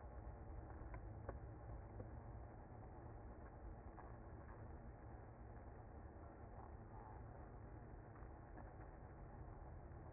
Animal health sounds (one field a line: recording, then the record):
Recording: honeybee colony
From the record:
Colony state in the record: active